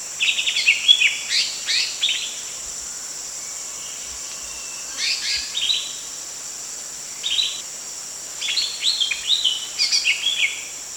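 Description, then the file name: Bird calls: repeated bursts of quick, high chirping notes separated by pauses of a few seconds, over a steady high hiss. Female. "betina omkicau"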